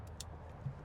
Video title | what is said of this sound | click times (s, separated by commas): 10 Tesla Model Y Accessories I Can't Live Without! | So we just plug this part in right here, and then this just pops right in. | 0.2 s